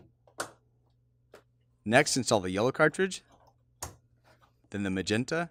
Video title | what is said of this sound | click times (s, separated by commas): 123.hp.com/oj6968 -HP Officejet 6968 Printer Wireless Setup - 123.hp.com/setup 6968 | insert it into the corresponding slot in the printer push down until you feel it snap into place | 0.4 s